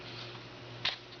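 A flight battery is pushed into the battery compartment in the body of a small drone. Over a steady low hum, a single sharp click at 0.8 s marks the battery snapping into place, seated.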